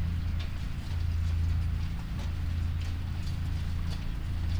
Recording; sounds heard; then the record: poultry house recording; no chicken sound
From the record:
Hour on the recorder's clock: 22